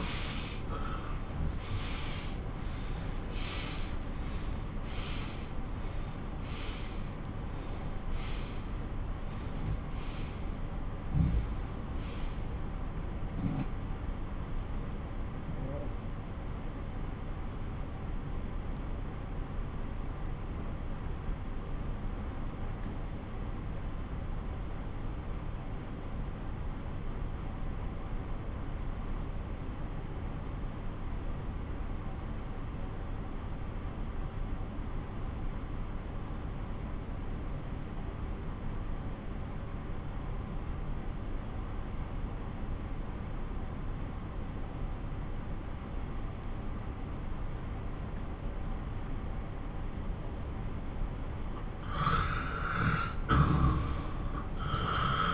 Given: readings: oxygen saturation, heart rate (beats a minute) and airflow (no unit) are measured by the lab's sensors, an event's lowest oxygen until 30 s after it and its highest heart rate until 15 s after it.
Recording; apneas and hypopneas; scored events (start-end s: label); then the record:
breathing in sleep by a smartphone at the bedside; 1
9.00-50.80 s: obstructive apnea (N1, oxygen 96% highest, then 91% lowest)
27.00-55.34 s: new sleep stage, N2 (light sleep)
From the record:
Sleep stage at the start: N1 (lightest sleep); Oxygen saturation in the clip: 89 to 96%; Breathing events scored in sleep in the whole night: 217 in 6.3 hours asleep